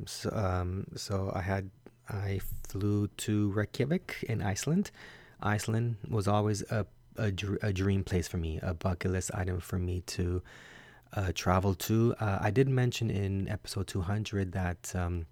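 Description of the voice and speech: Adult male speech with whole-word and part-word repetitions, a few stretched sounds and fillers such as "um" and "uh", consistent with stuttering.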